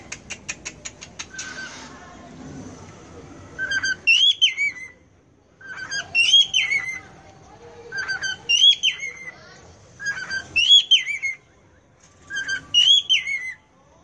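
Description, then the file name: Cockatiel song of clear whistled phrases, each a brief note leading into a rising then falling slur, repeated roughly every two seconds after opening clicks. "Canto da Calopsita"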